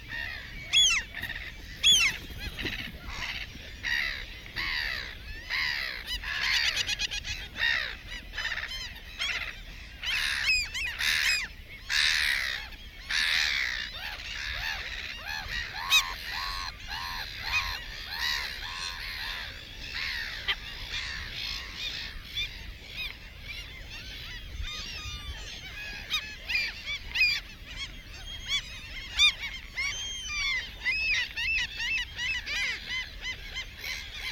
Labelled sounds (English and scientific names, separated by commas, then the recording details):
Mediterranean Gull (Ichthyaetus melanocephalus) call
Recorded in the wild
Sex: female
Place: Langenwerder, Mecklenburg-Vorpommern, DE
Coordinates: 54.027, 11.493
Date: 1969-06-08
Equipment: Nagra III BH, 2 Sennheiser MD 421, Kabel
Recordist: Schubert, Michael